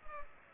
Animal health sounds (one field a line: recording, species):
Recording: mosquito wingbeat signal from an infrared sensor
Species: Culex pipiens